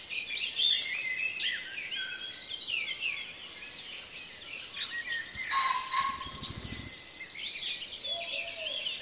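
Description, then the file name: Birds in a dawn chorus: scattered whistles, trills and chirps overlap, with a short low rumbling burst partway through and a lower whistled note near the end. "Reveil des oiseaux La Sonotheque"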